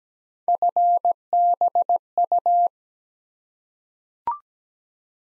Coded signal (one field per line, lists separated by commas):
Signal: Morse code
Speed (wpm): 17 wpm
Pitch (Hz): 700 Hz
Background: none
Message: FBU